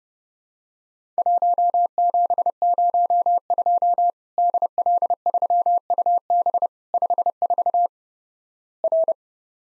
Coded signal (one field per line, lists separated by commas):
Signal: Morse code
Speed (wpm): 31 wpm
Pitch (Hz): 700 Hz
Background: none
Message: 1702 DL3UB 54 R